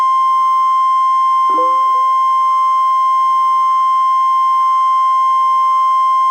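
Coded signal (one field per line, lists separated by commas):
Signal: Emergency Alert System (SAME) tones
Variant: 1050 Hz attention tone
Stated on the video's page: Real EAS severe thunderstorm warning.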